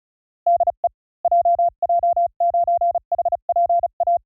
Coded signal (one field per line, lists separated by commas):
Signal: Morse code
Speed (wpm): 36 wpm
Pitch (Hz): 690 Hz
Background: none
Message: DE JJ9HPA